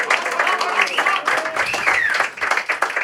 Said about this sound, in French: Au saxophone ténor, vous l'avez apprécié, extraordinaire. C'est …. …, on peut l'applaudir de direct.